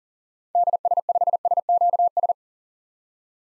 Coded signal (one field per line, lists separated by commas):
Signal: Morse code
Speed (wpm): 40 wpm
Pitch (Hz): 700 Hz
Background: none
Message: DS5SQS